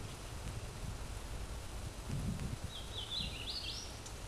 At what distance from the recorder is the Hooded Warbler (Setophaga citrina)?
about 30 m